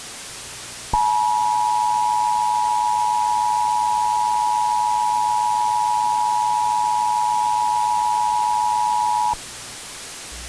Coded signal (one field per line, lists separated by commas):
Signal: Emergency Alert System (SAME) tones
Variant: 853 and 960 Hz attention tone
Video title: EAS scenario: Turkey Point